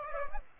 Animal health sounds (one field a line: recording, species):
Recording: mosquito wingbeat signal from an infrared sensor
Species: Aedes aegypti